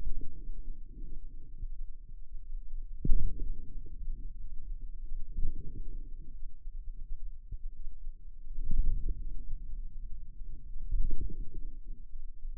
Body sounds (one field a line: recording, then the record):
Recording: forearm muscle sounds (acoustic myography)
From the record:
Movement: wrist extension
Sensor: system 2, bracelet of six BSWA MPA416 microphones around the upper forearm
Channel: 4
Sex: female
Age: 23 years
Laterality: right